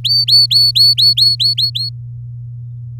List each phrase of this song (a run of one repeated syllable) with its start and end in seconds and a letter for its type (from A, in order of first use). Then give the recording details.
0.04-1.89 A. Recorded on 10 May 2018 at 06:21. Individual llb16